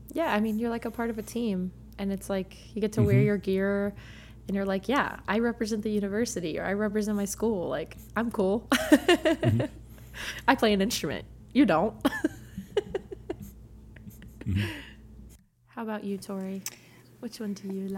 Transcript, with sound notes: Yeah, I mean, you're like a part of a team and it's like you get to wear your gear and you're like, yeah, I represent the university or I represent my school, like I'm cool. I play an instrument, you don't. (laughs)
How about you, Tori? Which one do you like?